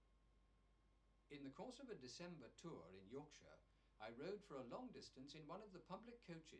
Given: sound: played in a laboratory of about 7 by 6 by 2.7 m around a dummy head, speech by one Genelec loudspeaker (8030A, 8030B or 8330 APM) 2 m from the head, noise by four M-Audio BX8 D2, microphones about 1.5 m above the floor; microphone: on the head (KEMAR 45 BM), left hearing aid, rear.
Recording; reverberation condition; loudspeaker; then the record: male speech in English; low; 150 degrees to the left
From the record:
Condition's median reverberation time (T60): about 310 ms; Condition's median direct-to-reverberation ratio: about 3.5 dB